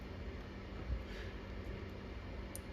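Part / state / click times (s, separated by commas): paddle shifter wire terminal pin into steering wheel harness plug / seated / 2.6 s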